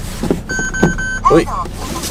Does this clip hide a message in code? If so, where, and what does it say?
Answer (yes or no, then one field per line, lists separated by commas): no